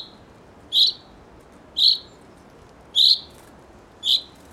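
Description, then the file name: Common chaffinch calling a sharp, ringing note repeatedly, roughly once a second, against a quiet steady background. "Fringilla coelebs"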